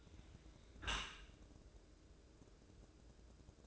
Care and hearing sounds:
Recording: daily activity, microphone in the room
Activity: close dishwasher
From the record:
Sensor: 2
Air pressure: 1012.2 hPa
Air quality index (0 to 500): 140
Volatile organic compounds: 2 ppm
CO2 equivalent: 1026 ppm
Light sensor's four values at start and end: 325/798/324/331 and 326/799/325/332

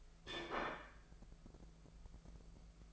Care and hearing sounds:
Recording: daily activity, microphone in the room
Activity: place plate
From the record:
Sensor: 5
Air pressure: 1015.1 hPa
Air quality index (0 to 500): 206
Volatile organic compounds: 10 ppm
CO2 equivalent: 2260 ppm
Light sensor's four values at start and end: 75/178/75/82 and 75/177/75/82

